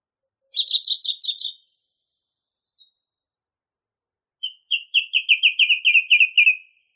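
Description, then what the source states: Song thrush song: a quick burst of repeated high notes, a pause, then a long rapid trill of about a dozen slurred notes, gently falling; no other sounds. Masteran (tutor) song used for training songbirds.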